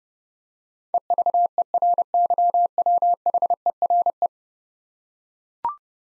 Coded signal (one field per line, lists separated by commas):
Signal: Morse code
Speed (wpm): 30 wpm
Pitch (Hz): 700 Hz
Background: none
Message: EVERYWHERE